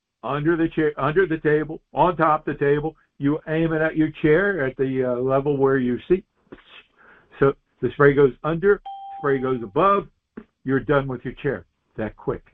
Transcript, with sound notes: Under the chair, under the table, on top of the table, you aim it at your chair at the, uh, level where you sit. Psst. So the spray goes under, (bell dings) spray goes above, you're done with your chair that quick.